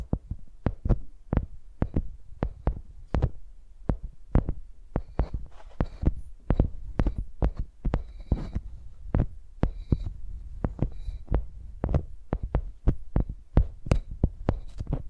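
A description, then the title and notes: A microphone is tapped and knocked like a pencil, giving a steady run of dull thumps about two to three times a second. Each hit lands heavy and low with a brief sharp click on top, and a faint scratchy rustle sits between taps midway through. Using Mics as Pencils (No Talking).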